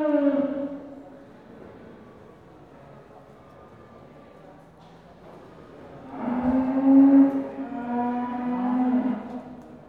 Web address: BBC Sound Effects Library Livestock Cattle In Pens At Market